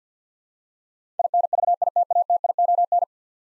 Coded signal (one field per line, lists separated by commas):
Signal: Morse code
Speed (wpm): 47 wpm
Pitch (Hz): 700 Hz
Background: none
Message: INVITATION